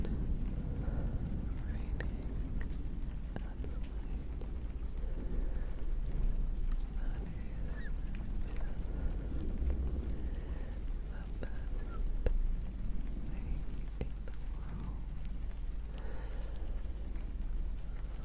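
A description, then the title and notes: Rain falls during a camera setup, with a steady low rumble and muffled rustling as something brushes a fluffy mic cover. Sharp little ticks and scratchy clicks pop up irregularly throughout, a few every couple of seconds, over an even, unbroken wash. ASMR dark lofi camera setup in the rain - fluffy mic sounds, tktk, sksk and more.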